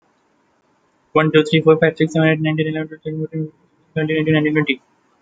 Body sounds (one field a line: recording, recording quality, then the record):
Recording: counting at a fast pace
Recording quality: excellent, no background noise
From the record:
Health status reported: healthy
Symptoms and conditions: none ticked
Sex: male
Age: 25 years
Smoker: not ticked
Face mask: not worn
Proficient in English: yes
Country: India